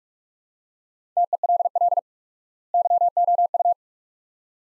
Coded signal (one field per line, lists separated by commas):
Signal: Morse code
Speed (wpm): 46 wpm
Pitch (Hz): 700 Hz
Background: none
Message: TELL YOU